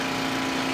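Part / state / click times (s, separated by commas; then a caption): air hose quick-connect coupling onto spray gun air inlet / not seated / none. The quick-connect coupling on an air compressor hose is pulled down and handled toward the air inlet fitting on a spray gun (spray bottle). A steady, engine-like hum with a constant low tone runs through the whole 0.8 s, with no sharp sounds. The clip ends before the coupling goes home; nothing has seated or clicked yet.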